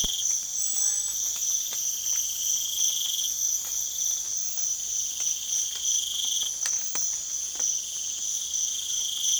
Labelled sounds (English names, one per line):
none